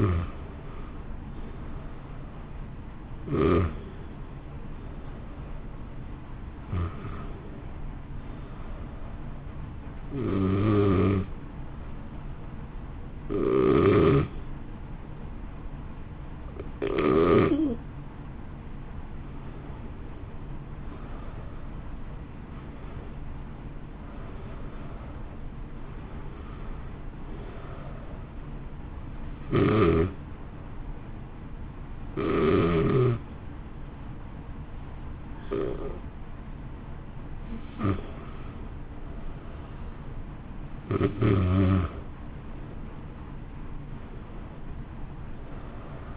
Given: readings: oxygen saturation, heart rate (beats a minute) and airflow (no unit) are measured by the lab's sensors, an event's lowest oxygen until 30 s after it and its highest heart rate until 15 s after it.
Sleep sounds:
breathing in sleep by a smartphone at the bedside; 2
9.00-21.00 s: hypopnea (N1, oxygen 89% highest, then 85% lowest, heart rate 65 at the start, 67 highest)
30.00-41.80 s: hypopnea (N1, oxygen 91% highest, then 86% lowest, heart rate 66 at the start, 66 highest)
From the record:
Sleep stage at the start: N1 (lightest sleep); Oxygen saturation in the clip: 85 to 91%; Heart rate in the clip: 60 to 67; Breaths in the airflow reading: 13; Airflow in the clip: -1.0 to 1.2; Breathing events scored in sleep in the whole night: 328 in 6.3 hours asleep

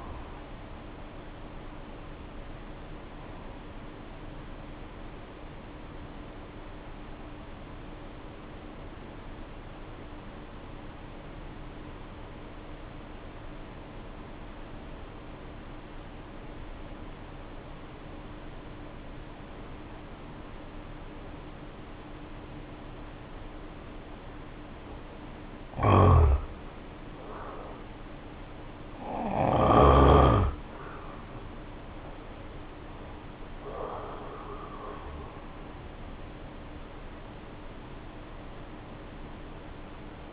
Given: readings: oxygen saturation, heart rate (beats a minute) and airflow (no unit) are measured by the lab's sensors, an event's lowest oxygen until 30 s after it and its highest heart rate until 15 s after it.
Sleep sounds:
breathing in sleep by a voice recorder at the bedside; 1
10.00-26.20 s: obstructive apnea (N2, oxygen 92% highest, then 79% lowest, heart rate 55 at the start, 73 highest)
23.00-40.33 s: new sleep stage, N1 (lightest sleep)
From the record:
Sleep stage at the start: N2 (light sleep); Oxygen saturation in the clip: 80 to 92%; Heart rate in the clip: 54 to 74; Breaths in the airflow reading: 4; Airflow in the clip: -3.9 to 6.3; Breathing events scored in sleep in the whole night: 520 in 7.2 hours asleep

